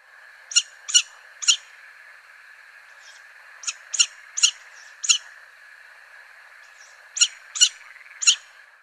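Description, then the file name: Little owl uttering sharp, yelping notes in short quick groups separated by pauses, over a steady faint background hum. "Cheveche-d Athena"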